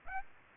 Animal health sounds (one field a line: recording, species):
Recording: mosquito wingbeat signal from an infrared sensor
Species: Aedes aegypti